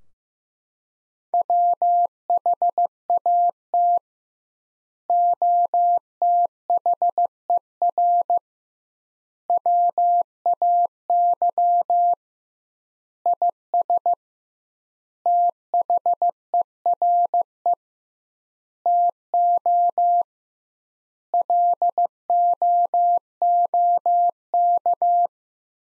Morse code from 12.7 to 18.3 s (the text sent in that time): IS THERE